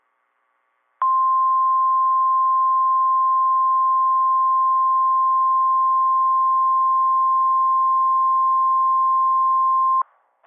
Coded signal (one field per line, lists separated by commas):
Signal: Emergency Alert System (SAME) tones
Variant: 1050 Hz attention tone